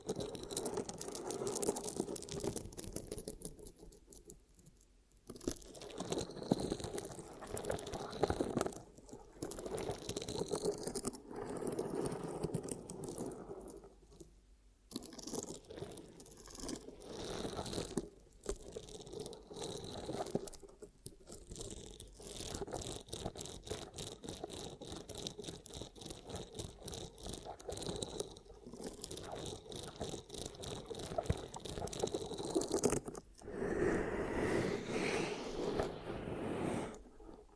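Ear cupping triggers: muffled, rubbing crunches and soft scrapes come in dense bursts, broken by brief silent gaps around 5, 15 and 18 seconds.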